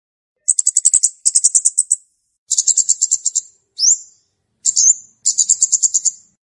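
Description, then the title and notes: Flowerpecker calls: rapid trains of sharp, high-pitched ticks in bursts of several notes, broken by one quick upward-sweeping note. Calls used to lure birds. "Kicau Untuk Pancing Burung Kemade ( Cabe Cabean). Suara Burung Cabe Cabean Pikat"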